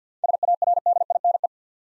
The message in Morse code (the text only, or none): SARDINE